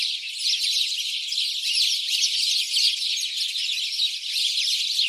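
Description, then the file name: House sparrows in a thick chorus of rapid, overlapping chirps, continuous and fairly even throughout. "Passer domesticus"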